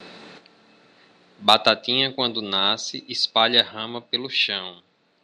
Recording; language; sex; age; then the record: short text; Brazilian Portuguese; male; 40 to 49 years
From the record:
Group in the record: control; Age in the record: 40 years